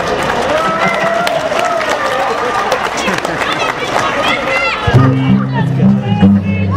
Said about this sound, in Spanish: Sí, ¿por qué no se ríen? A gusto y libre, también aplaudan.